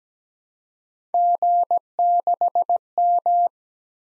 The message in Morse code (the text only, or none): G6M